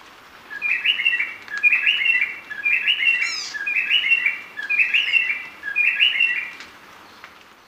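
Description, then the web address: Gray-breasted wood-wren song: six rich whistled phrases of quick warbled notes, given about once a second, each phrase much alike, with a quiet background. Lower subtropical zone, Ecuador. "Natures Songs S America Birds of Ecuador Gray-breasted Wood-Wren (lower subtropical)"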